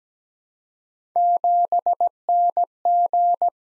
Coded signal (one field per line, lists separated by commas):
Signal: Morse code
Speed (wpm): 17 wpm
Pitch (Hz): 700 Hz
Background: none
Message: 7NG